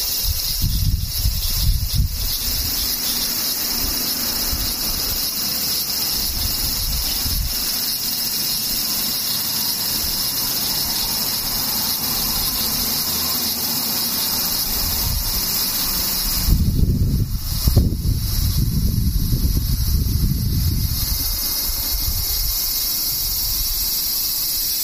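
Cicadas drone in a steady, dense high-pitched buzz that holds unchanged for the whole stretch, with a thinner shimmering layer above it. Low rumbling sounds, like passing traffic or wind, swell briefly near the start and again around seventeen to twenty-one seconds.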